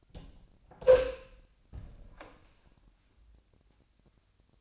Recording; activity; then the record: daily activity, microphone in the room; open door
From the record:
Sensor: 2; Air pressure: 1007.0 hPa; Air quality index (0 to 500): 195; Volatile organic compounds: 13 ppm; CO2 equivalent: 2390 ppm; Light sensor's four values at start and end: 10/23/10/10 and 10/24/10/10